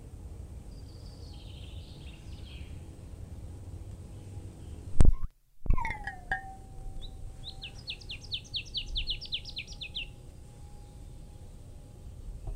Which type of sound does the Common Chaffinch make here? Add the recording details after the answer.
song. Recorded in the wild. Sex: male. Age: adult. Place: Freiburg, Baden-Württemberg, DE. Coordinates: 48.0175, 7.82194. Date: 1960-03-25. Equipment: Maihak MMK 4, Sennheiser MD 82. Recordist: Thielcke, Gerhard